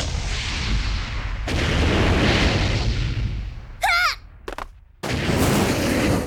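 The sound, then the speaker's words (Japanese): A landmine explosion set off as an Igaguri-style ninja technique: a sustained roaring blast, a second heavy burst, a brief warbling high-pitched whine, then a final loud explosive roar that continues to the end. “イガグリ流忍法、地雷や！”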